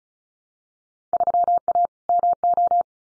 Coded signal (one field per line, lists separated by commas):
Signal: Morse code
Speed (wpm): 36 wpm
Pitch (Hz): 700 Hz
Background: none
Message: 3A MO